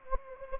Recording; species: mosquito wingbeat signal from an infrared sensor; Anopheles gambiae